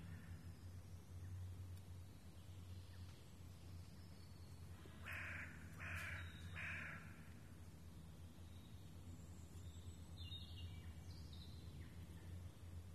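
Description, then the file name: Raven calls: three harsh, croaking caws in quick succession midway, over steady low rumbling background noise. Ravens recorded in the Rambouillet forest, France, on 24 May 2015. "150524 Ravens in Foret de Rambouillet"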